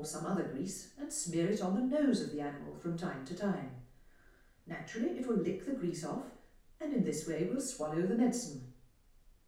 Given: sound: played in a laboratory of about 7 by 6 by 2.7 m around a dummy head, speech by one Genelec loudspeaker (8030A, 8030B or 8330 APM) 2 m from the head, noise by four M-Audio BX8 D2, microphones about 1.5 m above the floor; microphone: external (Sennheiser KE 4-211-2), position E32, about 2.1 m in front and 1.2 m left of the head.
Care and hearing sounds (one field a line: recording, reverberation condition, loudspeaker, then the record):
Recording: female speech in English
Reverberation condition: medium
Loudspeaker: 150 degrees to the left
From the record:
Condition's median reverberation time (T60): about 510 ms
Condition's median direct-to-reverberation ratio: about -0.5 dB